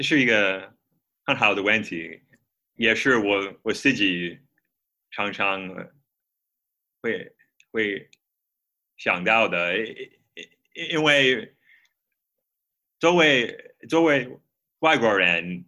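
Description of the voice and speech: Adult man from Minnesota, USA, speaking Mandarin Chinese as a second language, with stuttering: repeated words such as "会… 会" and "作为… 作为", prolonged sounds, and long silent pauses breaking up short phrases.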